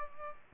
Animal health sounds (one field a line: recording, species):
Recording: mosquito wingbeat signal from an infrared sensor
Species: Aedes aegypti